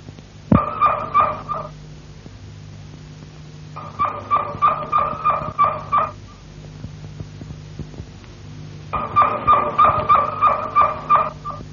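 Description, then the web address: Harz Roller canary song, rapid rolling pulsed trills at mid pitch in three bursts of about one to three seconds, separated by quiet pauses. Harz-style rolling song. "~joaopt canarios cantoharz"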